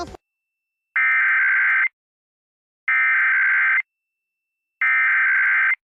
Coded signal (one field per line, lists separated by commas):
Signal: Emergency Alert System (SAME) tones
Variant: header bursts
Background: speech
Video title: EAS During Sesame Street (7-20-23 WVIA-DT1)